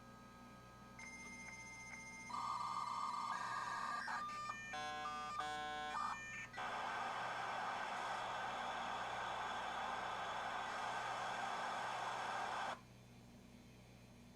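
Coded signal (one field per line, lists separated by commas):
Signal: dial-up modem handshake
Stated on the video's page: Dial-up connection on a US Robotics 56K modem over a POTS landline and a VoIP phone line.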